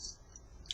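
While a plastic transforming robot toy is being transformed, its chest panel is pushed closed, with faint handling ticks before it. A sharp plastic click at 0.7 s marks the panel snapping shut and seating in place.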